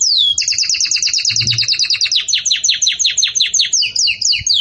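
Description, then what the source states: Canary song: a fast rattling trill of repeated high notes, shifting into slower downward-sweeping chirps, all loud and continuous. Belgian canary song intended for teaching young chicks (encarte de filhotes); song style described as 'campainha' (bell).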